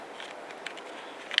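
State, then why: Seated. A rechargeable battery, prongs lined up, is pushed up from the bottom into a video camera's battery slot, with quiet handling noise and faint taps around 0.2 s and 0.7 s. A sharp latch click at 1.4 s marks the battery seated in place.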